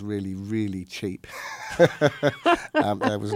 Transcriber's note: soundbite of laughter